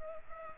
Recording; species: mosquito wingbeat signal from an infrared sensor; Culex pipiens